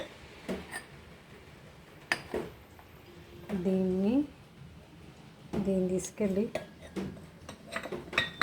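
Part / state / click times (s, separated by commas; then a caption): juicer part into the juicer body / not seated / none. A removable part of a manual juicer is carried over toward the juicer body while someone talks, with sharp clatters and knocks of the parts throughout and louder hits near the end. The clip ends just before the part goes home, so nothing has seated or locked into place yet.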